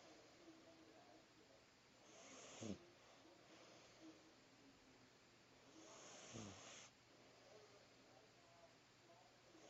The kitty is snoring.